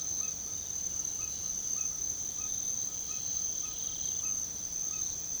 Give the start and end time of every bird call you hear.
0.13s-5.40s: bird call

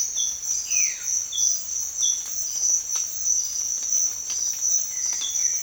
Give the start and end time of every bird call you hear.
0.63s-1.16s: bird call

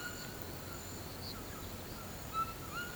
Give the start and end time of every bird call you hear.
0.00s-2.95s: bird call

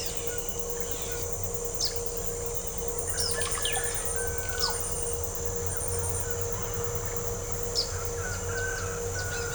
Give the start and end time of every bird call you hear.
1.66s-2.15s: bird call
2.88s-4.90s: bird call
7.40s-9.54s: bird call

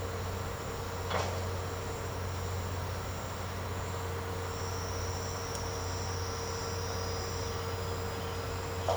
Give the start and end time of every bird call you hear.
1.08s-1.28s: bird call

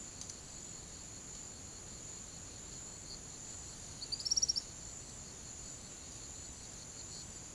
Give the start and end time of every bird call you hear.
4.02s-4.69s: bird call

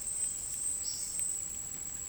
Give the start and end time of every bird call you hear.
0.00s-2.08s: bird call

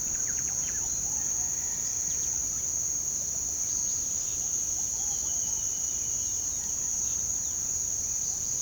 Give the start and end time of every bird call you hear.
0.00s-0.84s: bird call
3.18s-5.72s: bird call
6.95s-8.62s: bird call

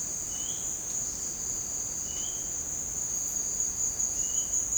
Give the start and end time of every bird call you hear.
0.30s-0.69s: bird call
2.10s-2.47s: bird call
4.16s-4.56s: bird call

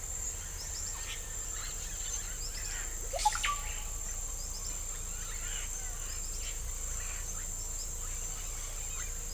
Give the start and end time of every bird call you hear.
1.53s-3.62s: bird call

